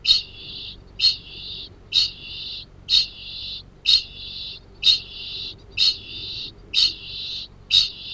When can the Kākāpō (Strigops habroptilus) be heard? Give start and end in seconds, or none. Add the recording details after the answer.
0.00-8.14. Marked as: faintness 1/5. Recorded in New Zealand. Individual Arab